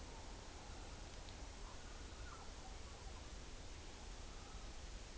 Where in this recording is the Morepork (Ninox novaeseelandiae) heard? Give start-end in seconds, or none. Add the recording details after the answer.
0.47-1.04, 4.13-4.80. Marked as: faintness 4/5, faintness 5/5. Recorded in New Zealand on 11 September 2013. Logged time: 02:19. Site Ponui